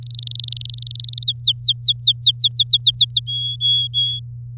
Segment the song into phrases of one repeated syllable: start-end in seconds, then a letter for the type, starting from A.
0.02-1.24 A, 1.24-3.20 B, 3.26-4.20 C